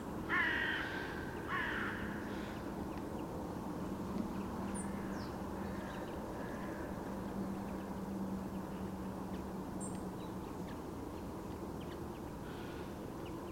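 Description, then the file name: Carrion crow giving two rasping caws at the start, followed by a long stretch of low rumbling background noise and faint chirps. "Corvus corone"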